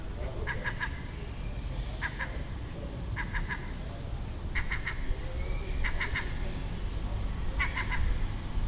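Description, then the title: Gull giving several short bursts of about three quick harsh notes, over constant low background noise. Gull nesting on a neighbouring roof in Den Haag, calling all day for a week; recorded June 18th 2017. "Seagull Chatter (Den Haag"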